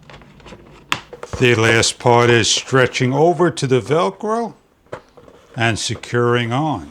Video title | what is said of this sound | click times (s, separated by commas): Floor Lamp with Table, End Table with Lamp, Floor Lamp with Shelves, Remote Control, Charging Statio | it will lock into place. | 0.9 s